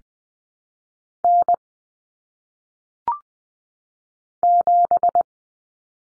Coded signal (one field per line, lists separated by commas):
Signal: Morse code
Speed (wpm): 20 wpm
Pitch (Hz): 700 Hz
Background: none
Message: N 7